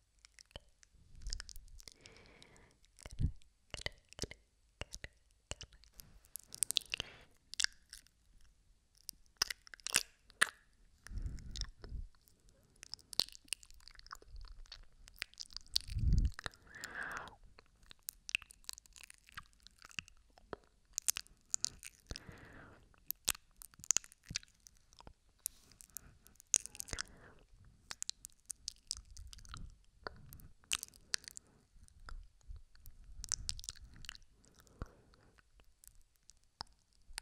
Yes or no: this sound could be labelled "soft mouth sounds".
yes